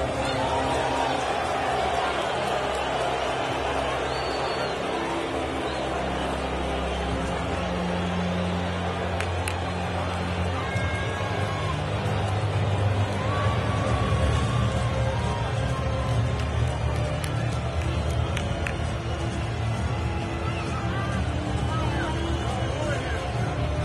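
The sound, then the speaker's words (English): A large stadium crowd boos Donald Trump as he walks onto the field, in a long, sustained low roar, many voices droning together over a steady wash of crowd noise for the whole stretch. “You can see again, as Donald Trump walks onto the field, there are boos.”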